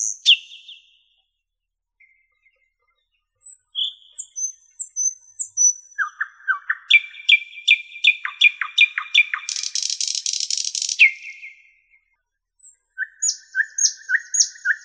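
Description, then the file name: Nightingale singing varied phrases: scattered whistles, fast repeated chipping notes, a harsh buzzy burst, then a bubbling series of alternating high and low notes. "solovey"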